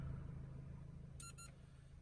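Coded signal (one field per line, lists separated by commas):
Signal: beep code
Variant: StarLine immobiliser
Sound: two quick electronic beeps over a low idling engine rumble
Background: engine idle rumble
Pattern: 2 short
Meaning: PIN accepted; gearbox blocking released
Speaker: We put a 4-digit pin in there. You'll see, you'll hear 2 beeps. This will flash twice, the valet button. And now we've got gearbox back.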